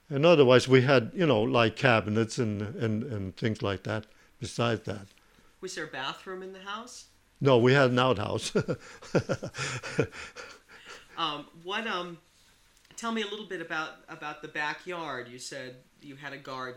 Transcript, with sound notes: in other words, we had, you know, like cabinets and things like that besides that.
Was there a bathroom in the house?
No, we had an outhouse. ( he laughs )
What, tell me a little bit about the backyard. You said you had a garden.